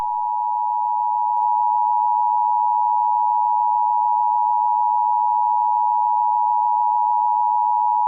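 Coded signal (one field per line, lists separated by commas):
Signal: Emergency Alert System (SAME) tones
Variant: 853 and 960 Hz attention tone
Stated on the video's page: EAS SAME tones in a fictional entertainment scenario, not a real alert.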